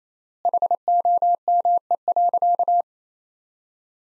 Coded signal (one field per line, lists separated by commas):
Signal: Morse code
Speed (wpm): 28 wpm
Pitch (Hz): 700 Hz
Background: none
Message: HOME.